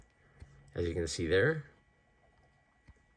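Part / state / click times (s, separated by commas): removable back accessory on a small plastic action figure / not seated / none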